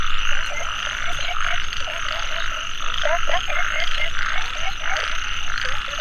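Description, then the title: Frogs croaking rapidly together, overlapping short notes, with a steady high whining drone behind them. Frogs calling in a mountain valley at dusk; field recording. "傍晚山谷里的蛙和鸟齐鸣 声谷"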